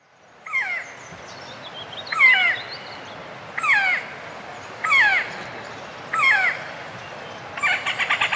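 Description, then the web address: Powerful Woodpecker giving harsh, nasal, downslurred calls about every second and a half, ending with a quick burst of rapid rattling notes. Recorded in Ecuador. "Birds of Ecuador. Powerful Woodpecker"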